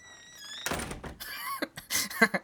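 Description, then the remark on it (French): A door swings shut with a dull thunk, preceded by a faint squeaky creak and followed by brief rattling clicks of the latch settling. “Il y a une porte.”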